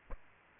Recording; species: mosquito wingbeat signal from an infrared sensor; Aedes aegypti